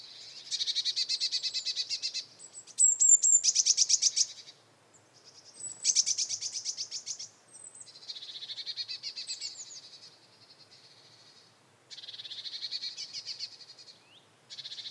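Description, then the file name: Eurasian blue tit giving repeated churrs, harsh buzzy bursts of fast pulses lasting around two seconds, separated by short pauses, with a few thin high notes between. "Cyanistes caeruleus"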